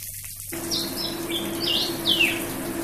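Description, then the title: Oriental magpie-robin singing a few clear whistled phrases, some falling and some rising, after a brief gap, with a constant low hum underneath. "Kicau Kacer"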